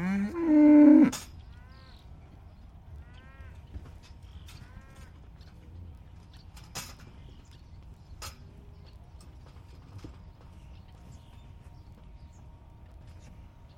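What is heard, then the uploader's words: Cattle waiting by a roadside pasture: one cow gives a loud, low moo right at the start, lasting about a second. Afterward it goes quiet, with bird chirps, a faint steady hum, and occasional sharp knocks around seven and eight seconds. Morning Cattle. The first was to record some particularly impatient cattle lined up by a roadside pasture waiting for breakfast.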